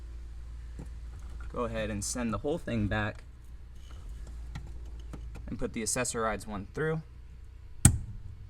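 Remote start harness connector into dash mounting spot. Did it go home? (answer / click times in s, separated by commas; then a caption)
yes / 7.8 s. Someone talks while a plastic Accessorides plug-and-play remote start harness connector is fed through and pushed into its mounting spot behind the dash of a Toyota 4Runner. A sharp, loud click at 7.9 s marks the connector snapping into place, and it is seated.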